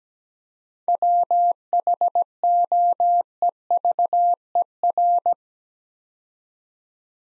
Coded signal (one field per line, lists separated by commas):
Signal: Morse code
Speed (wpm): 17 wpm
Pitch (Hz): 700 Hz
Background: none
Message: WHOEVER